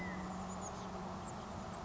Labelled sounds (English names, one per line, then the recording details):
California Quail
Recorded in Sonoma County, California